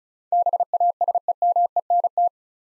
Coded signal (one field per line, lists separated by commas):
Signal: Morse code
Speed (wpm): 34 wpm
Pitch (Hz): 700 Hz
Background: none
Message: BASEMENT